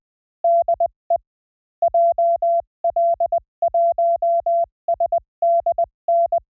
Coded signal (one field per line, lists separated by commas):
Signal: Morse code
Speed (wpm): 20 wpm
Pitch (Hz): 680 Hz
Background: none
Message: DE JL1SDN